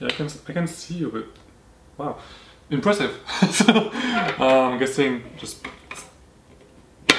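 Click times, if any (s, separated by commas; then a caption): 7.1 s. A small plastic accessory is pushed onto a cheap toy telescope body while someone talks. One sharp click at 7.1 s is heard as it snaps into place, and the accessory is seated.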